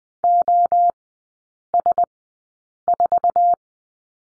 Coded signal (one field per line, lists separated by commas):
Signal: Morse code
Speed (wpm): 20 wpm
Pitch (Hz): 700 Hz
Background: none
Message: OS4